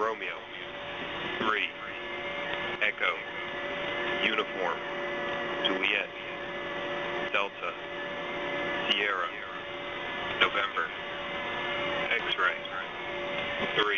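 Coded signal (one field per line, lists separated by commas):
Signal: coded military voice message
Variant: US Air Force EAM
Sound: a male voice reading phonetic-alphabet letters and numbers over noisy HF radio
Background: radio static, steady hum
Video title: [US Air Force] Emergency Action Message; 04. December 2020; 16:32 UTC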